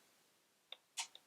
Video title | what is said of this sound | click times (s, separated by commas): 365 Camera Project - Camera Number 248 Ensign Carbine No3 | click it into place and then the little scale here is spring loaded so it will click | 0.7 s, 1.1 s